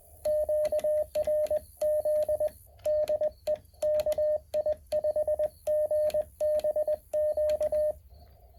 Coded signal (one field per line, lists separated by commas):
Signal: Morse code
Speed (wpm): 20 wpm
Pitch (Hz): 610 Hz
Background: radio noise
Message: QRZ DE KI5GBQ